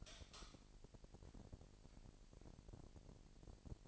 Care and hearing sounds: daily activity, microphone in the room; light on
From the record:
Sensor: 5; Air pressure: 1002.0 hPa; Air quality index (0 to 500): 247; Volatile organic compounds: 45 ppm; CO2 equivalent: 3230 ppm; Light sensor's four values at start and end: 16/38/16/17 and 17/39/16/17

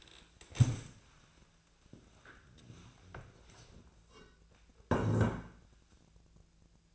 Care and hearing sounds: daily activity, microphone in the room; stand up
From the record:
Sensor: 2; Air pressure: 1000.3 hPa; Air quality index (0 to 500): 158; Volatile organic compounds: 3 ppm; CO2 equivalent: 1318 ppm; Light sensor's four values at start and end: 9/21/9/10 and 9/19/9/9

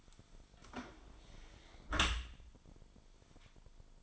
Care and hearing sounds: daily activity, microphone in the room; close dishwasher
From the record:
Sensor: 5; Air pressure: 1003.2 hPa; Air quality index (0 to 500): 136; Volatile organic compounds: 2 ppm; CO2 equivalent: 994 ppm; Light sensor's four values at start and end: 85/207/85/98 and 72/175/73/82

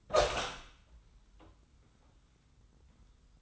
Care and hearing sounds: daily activity, microphone in the room; open door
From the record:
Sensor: 3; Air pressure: 990.4 hPa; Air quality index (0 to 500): 174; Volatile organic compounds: 1000 ppm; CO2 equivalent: 5649 ppm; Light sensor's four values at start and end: 49/114/47/44 and 48/114/46/44

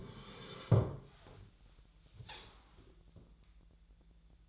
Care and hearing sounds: daily activity, microphone in the room; sit down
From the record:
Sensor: 3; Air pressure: 1001.8 hPa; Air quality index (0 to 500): 248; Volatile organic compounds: 132 ppm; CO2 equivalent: 3938 ppm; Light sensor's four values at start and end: 11/25/10/11 and 9/21/9/9

